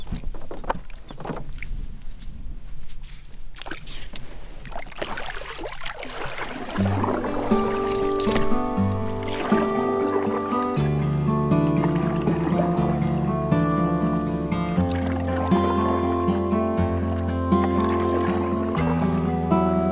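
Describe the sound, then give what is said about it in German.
A boat being loaded in the morning and pushed off on the Yukon River: irregular knocks, scrapes and splashes of water for several seconds, then steady music swells in and carries on over faint water sounds. “Am Morgen belade ich mein Boot und lege wieder ab.”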